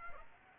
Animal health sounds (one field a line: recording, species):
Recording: mosquito wingbeat signal from an infrared sensor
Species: Aedes aegypti